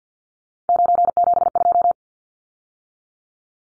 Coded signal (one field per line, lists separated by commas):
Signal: Morse code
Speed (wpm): 49 wpm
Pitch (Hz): 700 Hz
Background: none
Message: 972